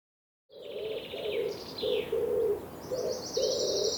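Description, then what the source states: Common chaffinch song: a quick run of trilled notes sliding downward into a short flourish, over repeated low cooing notes, followed by a high, fast buzzy trill. Recorded among other birds.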